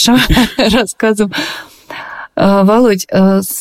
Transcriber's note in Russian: Смеется